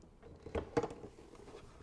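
An interchangeable metal-and-plastic platen attachment is pushed by hand onto the mount of an HTVront A100 Auto Multi Heat Press. Brief knocks and rattles of handling are heard, loudest around 0.6 and 0.8 seconds, over a quiet background. Nothing has seated or clicked yet.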